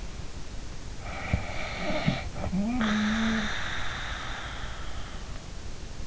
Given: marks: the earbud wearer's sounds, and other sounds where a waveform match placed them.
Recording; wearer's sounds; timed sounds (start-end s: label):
sounds in sleep by an in-ear microphone; snoring breath
1.17-4.81 s: snoring breath